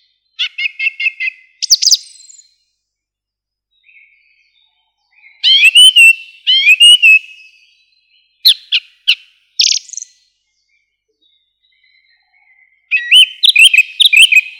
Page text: Пение птиц - Дрозд певчий